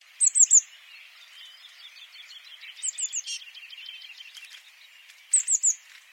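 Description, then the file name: Eurasian blue tit calling high, thin three-note 'tsee-tsee-tsee' bursts, repeated about every two and a half seconds over a soft, steady chorus of faint chirping. "Cyanistes caeruleus"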